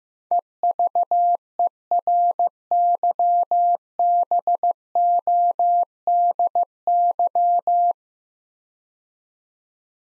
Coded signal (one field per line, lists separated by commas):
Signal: Morse code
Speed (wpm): 15 wpm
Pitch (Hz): 700 Hz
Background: none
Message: EVERYBODY